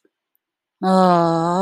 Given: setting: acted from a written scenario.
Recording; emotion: vocal sound without words; disappointment